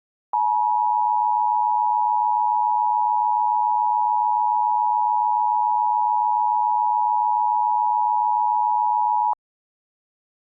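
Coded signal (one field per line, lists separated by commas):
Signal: Emergency Alert System (SAME) tones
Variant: 853 and 960 Hz attention tone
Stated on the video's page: Fictional EAS mock imagining a tornado spawned by Hurricane Hilary.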